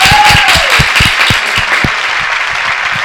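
A burst of loud, steady applause from a group welcoming a guest on the show Entre Copas y Bombachas, dense crackling claps filling the whole few seconds, with a brief tone sliding downward near the start.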